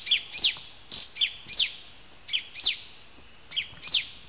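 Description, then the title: Yellow-green grosbeak giving high, down-slurred notes, mostly in pairs, repeated several times. Nominate subspecies canadensis. "LuckyPassaro Completos2Sama. Yellow-green Grosbeak (Caryothraustes canadensis canadensis)"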